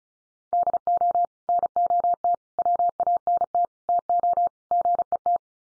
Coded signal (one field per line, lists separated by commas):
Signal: Morse code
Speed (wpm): 34 wpm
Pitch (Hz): 700 Hz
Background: none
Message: DO NOT WANT TO GET